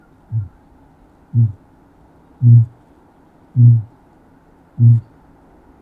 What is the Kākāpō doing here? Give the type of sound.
boom